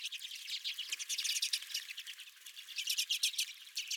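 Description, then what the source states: Several redpolls calling at once, a busy mix of high chips and buzzy twitters. Redpolls at the recordist's feeder.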